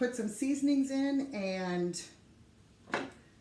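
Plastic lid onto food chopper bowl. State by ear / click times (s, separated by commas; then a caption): seated / 2.9 s. Someone talks as the plastic lid of a pull-cord food chopper is put back onto its bowl after the salsa ingredients go in. After a short quiet pause, a single sharp click at 2.9 s marks the lid clicking into place, seated on the bowl.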